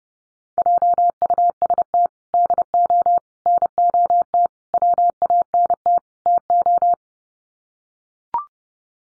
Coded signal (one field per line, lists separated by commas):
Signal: Morse code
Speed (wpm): 30 wpm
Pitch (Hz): 700 Hz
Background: none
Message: JUST DO NOT WANT TO